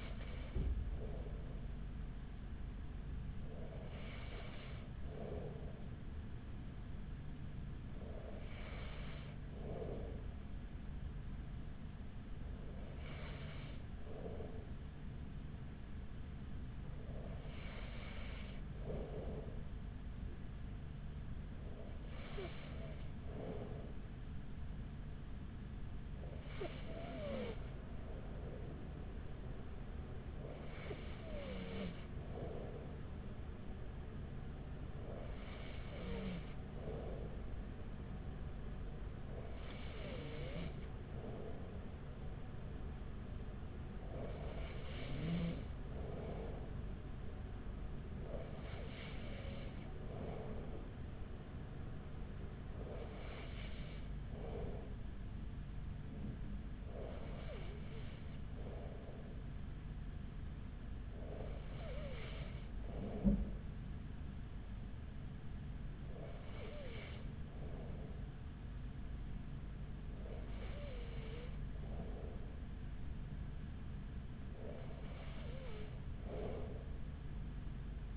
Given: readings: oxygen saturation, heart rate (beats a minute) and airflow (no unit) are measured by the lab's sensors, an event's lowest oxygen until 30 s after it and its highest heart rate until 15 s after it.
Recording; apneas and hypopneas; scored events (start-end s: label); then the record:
breathing in sleep by a smartphone at the bedside; none
none scored
From the record:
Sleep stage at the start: N2 (light sleep); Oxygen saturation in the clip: 93 to 94%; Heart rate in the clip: 41 to 48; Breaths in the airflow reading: 18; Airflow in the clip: -5.2 to 4.7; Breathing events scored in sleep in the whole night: 207 in 7.6 hours asleep